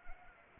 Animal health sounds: mosquito wingbeat signal from an infrared sensor; Anopheles arabiensis

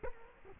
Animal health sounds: mosquito wingbeat signal from an infrared sensor; Culex quinquefasciatus

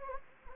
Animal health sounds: mosquito wingbeat signal from an infrared sensor; Anopheles gambiae

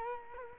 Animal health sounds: mosquito wingbeat signal from an infrared sensor; Culex quinquefasciatus

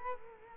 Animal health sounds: mosquito wingbeat signal from an infrared sensor; Culex quinquefasciatus

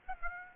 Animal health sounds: mosquito wingbeat signal from an infrared sensor; Aedes aegypti

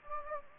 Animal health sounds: mosquito wingbeat signal from an infrared sensor; Anopheles gambiae

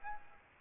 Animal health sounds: mosquito wingbeat signal from an infrared sensor; Aedes aegypti

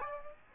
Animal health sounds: mosquito wingbeat signal from an infrared sensor; Aedes aegypti

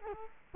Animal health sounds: mosquito wingbeat signal from an infrared sensor; Culex quinquefasciatus

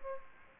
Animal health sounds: mosquito wingbeat signal from an infrared sensor; Aedes aegypti

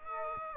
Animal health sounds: mosquito wingbeat signal from an infrared sensor; Aedes aegypti

